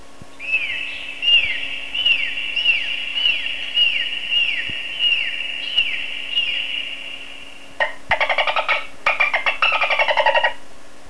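Dolphin whistles: a long series of repeated rising-then-falling whistles, about three every two seconds, followed by bursts of rapid buzzy pulsed sounds with a few sliding whistles.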